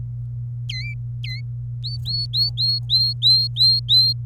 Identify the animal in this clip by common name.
Domestic Canary